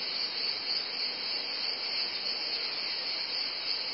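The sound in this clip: Cicada chorus: a dense, shrill, continuous buzz with slight pulsing in loudness and no pauses.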